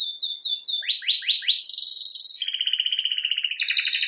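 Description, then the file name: Canary song: a series of repeated downslurred whistles, then rising swept notes, followed by a steady high trill and a fast rolling lower tour. "Canary Voice"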